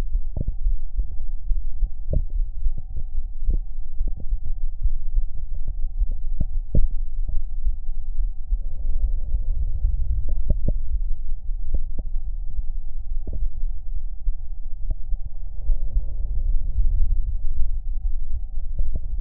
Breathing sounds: lung sounds by stethoscope; left anterior apical chest; quiet breathing, then deep breathing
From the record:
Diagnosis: asthma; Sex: female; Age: 66 years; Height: 172 cm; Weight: 76 kg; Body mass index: 25.7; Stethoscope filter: extended mode

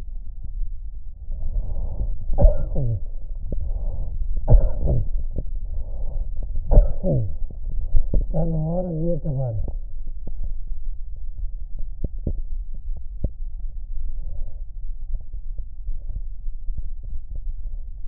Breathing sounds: lung sounds by stethoscope; left anterior apical chest; quiet breathing, then cough and speech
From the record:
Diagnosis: COPD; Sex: male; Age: 77 years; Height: 172 cm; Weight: 85.2 kg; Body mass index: 28.8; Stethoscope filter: extended mode

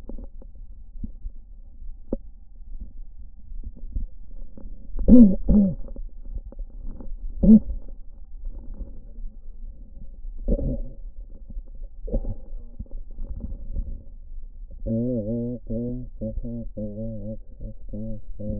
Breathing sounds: lung sounds by stethoscope; left anterior apical chest; quiet breathing, then cough and speech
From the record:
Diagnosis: none (healthy); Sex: male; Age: 35 years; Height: 186 cm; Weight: 108 kg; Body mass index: 31.2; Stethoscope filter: diaphragm mode

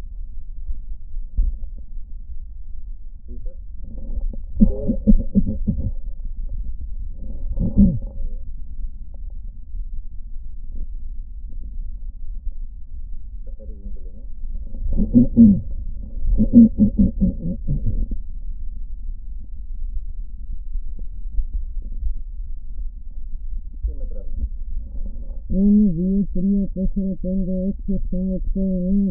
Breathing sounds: lung sounds by stethoscope; right posterior apical chest; quiet breathing, then cough and speech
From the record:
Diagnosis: pulmonary infection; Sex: female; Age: 74 years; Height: 160 cm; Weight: 66 kg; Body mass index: 25.8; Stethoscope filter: diaphragm mode

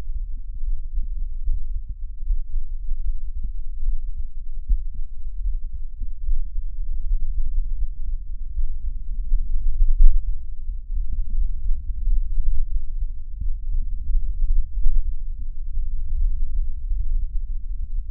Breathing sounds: lung sounds by stethoscope; right anterior apical chest; quiet breathing, then deep breathing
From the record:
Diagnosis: COPD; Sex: male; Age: 59 years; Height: 175 cm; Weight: 73 kg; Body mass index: 23.8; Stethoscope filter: bell mode

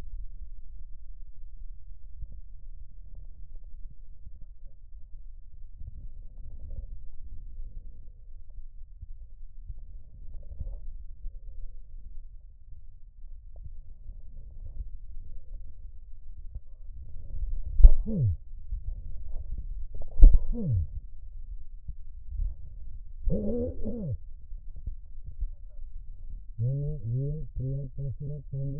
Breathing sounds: lung sounds by stethoscope; left posterior apical chest; quiet breathing, then cough and speech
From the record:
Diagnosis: pulmonary infection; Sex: male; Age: 54 years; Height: 187 cm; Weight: 95 kg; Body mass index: 27.2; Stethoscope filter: extended mode

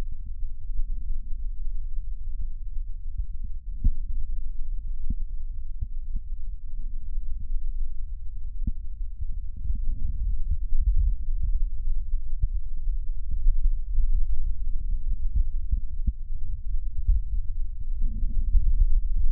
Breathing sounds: lung sounds by stethoscope; left posterior basal chest; quiet breathing, then deep breathing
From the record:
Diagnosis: interstitial lung disease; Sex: female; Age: 61 years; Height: 155 cm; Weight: 75.5 kg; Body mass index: 31.4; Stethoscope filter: bell mode

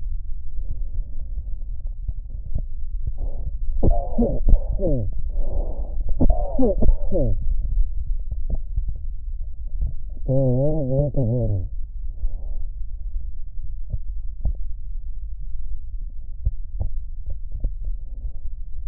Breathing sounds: lung sounds by stethoscope; right posterior basal chest; quiet breathing, then cough and speech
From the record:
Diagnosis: interstitial lung disease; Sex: male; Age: 66 years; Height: 164 cm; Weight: 76.2 kg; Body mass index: 28.3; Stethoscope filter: extended mode

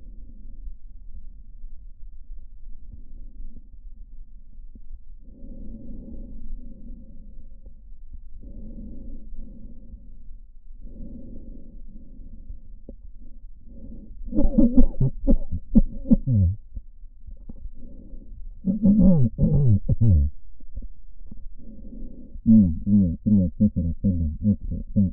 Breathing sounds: lung sounds by stethoscope; right posterior apical chest; quiet breathing, then cough and speech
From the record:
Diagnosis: none (healthy); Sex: male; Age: 45 years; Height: 173 cm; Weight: 92 kg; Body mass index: 30.7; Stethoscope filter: diaphragm mode

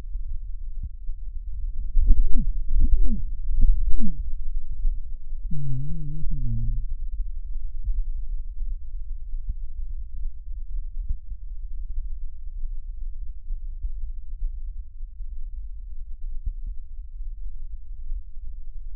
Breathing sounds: lung sounds by stethoscope; right anterior apical chest; quiet breathing, then cough and speech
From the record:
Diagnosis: COPD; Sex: male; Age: 77 years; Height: 164 cm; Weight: 58.2 kg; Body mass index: 21.6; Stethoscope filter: bell mode

